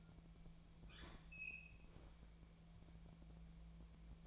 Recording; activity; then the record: daily activity, microphone in the room; open fridge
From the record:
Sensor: 1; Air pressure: 1000.2 hPa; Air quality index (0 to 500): 134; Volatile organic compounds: 2 ppm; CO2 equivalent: 1264 ppm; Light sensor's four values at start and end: 37/93/39/48 and 37/92/39/48